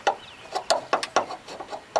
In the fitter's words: mounted on the other side and so this one just snaps right in you